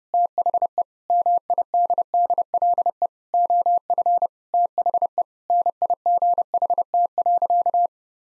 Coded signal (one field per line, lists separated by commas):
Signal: Morse code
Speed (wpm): 30 wpm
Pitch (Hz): 700 Hz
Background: none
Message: THE MIDDLE OF THE NIGHT.